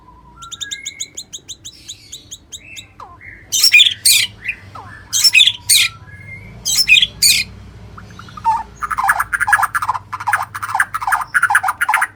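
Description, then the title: White-rumped shama: songbird song beginning with thin, rising high notes, then harsh loud bursts, followed by a rapid, dense run of rich chattering phrases. "murai batu"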